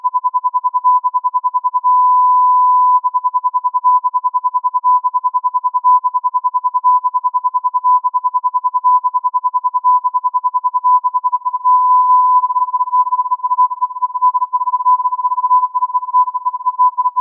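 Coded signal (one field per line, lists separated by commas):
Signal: radio time signal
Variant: Beta (RJH69)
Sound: steady 1 kHz tone rapidly chopped into short on-off pulses, sometimes held continuously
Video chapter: 07:05 : Time code, on-off modulation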